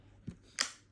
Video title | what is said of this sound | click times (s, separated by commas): Breaking Down Paint Sprayers #shorts | That clicks into place. | 0.6 s